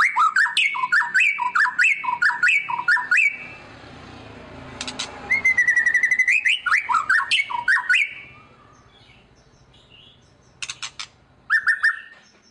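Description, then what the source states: White-rumped shama song: rapid repeated rising whistles in a rhythmic series, a pause, more whistles, then scattered sharp clicks. Song used as a lure to make other birds respond.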